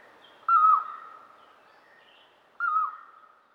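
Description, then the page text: Red-vented barbet calls: two hooting notes that drop at the end, about two seconds apart. A duet. "Red-Vented Barbet Duet. Quick Sounds"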